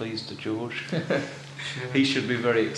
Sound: laughs

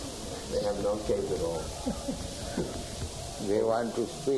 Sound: laughs

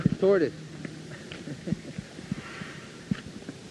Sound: laughs

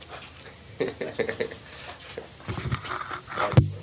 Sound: laughs

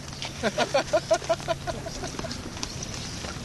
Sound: devotees laugh

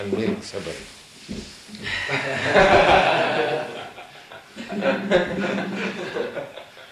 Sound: laughter

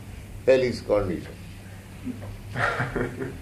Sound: laughter

